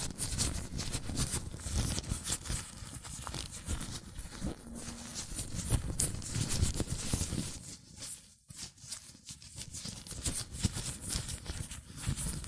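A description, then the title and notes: Latex gloves rub, squeak and snap against hands in a dense, restless stream of rustling and crinkling that runs for the whole twelve seconds. Quick bright clicks and slaps come irregularly, with a brief thinning of the sound around eight seconds. ASMR Latex Gloves Hand Sounds (No Talking).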